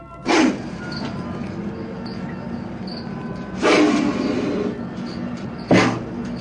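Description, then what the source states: Indian cobra striking, three sharp breathy hiss bursts spaced a few seconds apart over a steady rushing air-conditioning noise. Indian cobra striking, recorded very near the snake in its glass-enclosed home at a Detroit zoo reptile house in 1959; background rushing is air conditioning.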